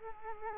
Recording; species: mosquito wingbeat signal from an infrared sensor; Culex quinquefasciatus